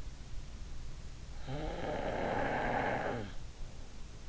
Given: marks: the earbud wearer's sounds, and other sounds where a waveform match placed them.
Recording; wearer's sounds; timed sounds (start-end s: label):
sounds in sleep by an in-ear microphone; snoring breath
1.44-3.31 s: snoring breath